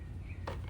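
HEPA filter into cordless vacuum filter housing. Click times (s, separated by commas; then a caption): 0.5 s. A plastic-framed HEPA filter is slid back into the filter housing of a Levoit LVAC cordless stick vacuum (LVAC-200, LVAC-300 and AERO models) over a low background rumble. A short click sounds at 0.5 s as the filter seats home in its housing.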